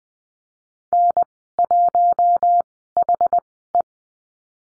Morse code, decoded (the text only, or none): N1HE